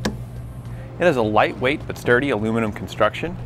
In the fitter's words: It locks into place, keeping it secure, whether it's extended or folded.